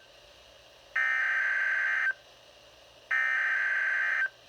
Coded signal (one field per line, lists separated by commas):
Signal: Emergency Alert System (SAME) tones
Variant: header bursts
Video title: EAS #1 (SVA #380)